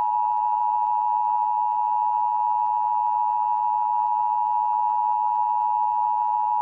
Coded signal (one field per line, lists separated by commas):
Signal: Emergency Alert System (SAME) tones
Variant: 853 and 960 Hz attention tone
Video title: WPIX-TV Emergency Alert System - 1980's (Remake)